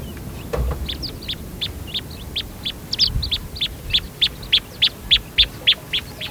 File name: fischers sparrow lark